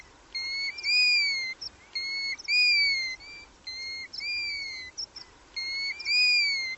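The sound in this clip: Bird calling in clear, ringing whistles, each short phrase of slightly rising and falling notes repeated in four bursts over soft background hiss.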